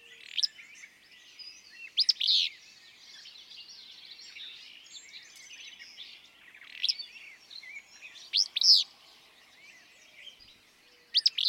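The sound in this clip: Willow flycatcher delivering its abrupt, wheezy two-note song several times at irregular gaps, against a busy background of chirping birds.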